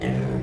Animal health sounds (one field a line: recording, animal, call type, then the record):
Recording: contact call of a hoofed animal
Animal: pig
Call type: closed-mouth grunt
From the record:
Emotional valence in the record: negative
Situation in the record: short social isolation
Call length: 0.43 s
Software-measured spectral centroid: 1610 Hz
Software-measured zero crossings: 830 a second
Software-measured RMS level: -25 dBFS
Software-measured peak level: -13 dBFS